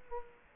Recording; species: mosquito wingbeat signal from an infrared sensor; Culex quinquefasciatus